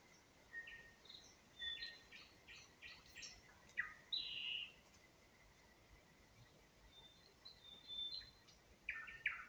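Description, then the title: Nightingale song with mixed high whistles, short trills and a rich burst near the middle, phrases separated by pauses, over steady background hiss. Singing in spring near Huncha, Vinnytsia Oblast, Ukraine. "Unnamed Road, Гунча, Вінницька область, Україна, 23724-Spring, nightingale singing"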